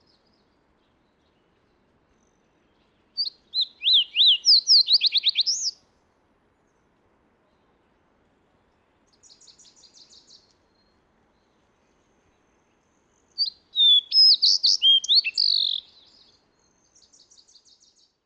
Fox Sparrow song recorded at the Alluvial Fan in Rocky Mountain National Park.